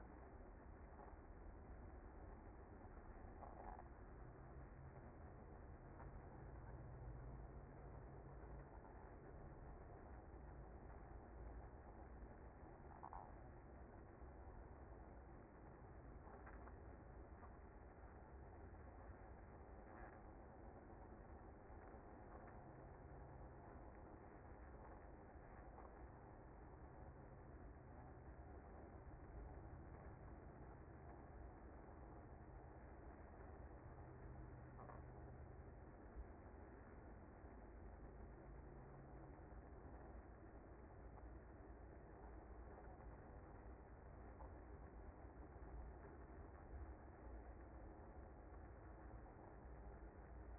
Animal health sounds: honeybee colony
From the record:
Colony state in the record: active

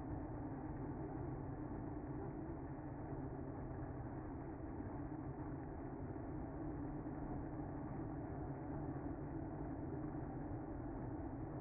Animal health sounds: honeybee colony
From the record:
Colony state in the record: active

